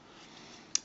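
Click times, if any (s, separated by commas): 0.7 s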